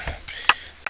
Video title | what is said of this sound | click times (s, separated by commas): Time to (mostly) Finish the Cabinets! | they lock into place but | 0.5 s